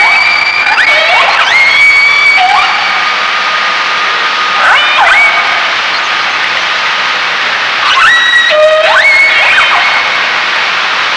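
Killer whale calls: whistled tones that sweep up and down and pulsed squeals, several overlapping, over a constant hiss.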